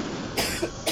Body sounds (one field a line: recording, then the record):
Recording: coughing mixed with background sound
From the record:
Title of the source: 55 gaggy wet cough